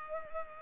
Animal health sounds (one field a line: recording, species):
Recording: mosquito wingbeat signal from an infrared sensor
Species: Culex pipiens